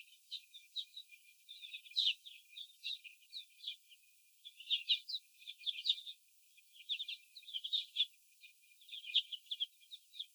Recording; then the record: young laying hens in a cage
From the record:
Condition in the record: before the stressor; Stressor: sudden umbrella opening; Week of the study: 2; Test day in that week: 1